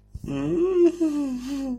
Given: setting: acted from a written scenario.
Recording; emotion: vocal sound without words; embarrassment